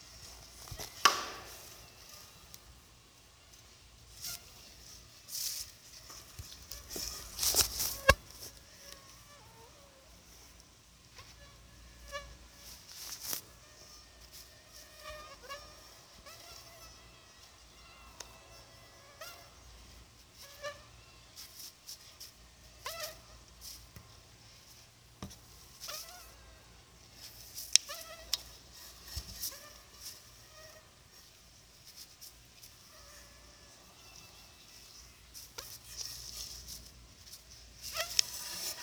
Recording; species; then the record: mosquito flight sound by mobile phone; Anopheles arabiensis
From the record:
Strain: Dongola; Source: CDC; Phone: Sony Xperia